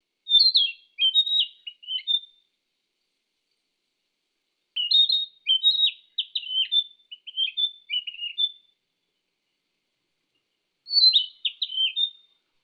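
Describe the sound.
Bird singing short high phrases of quick varied chirps and twitters in three bursts separated by silences.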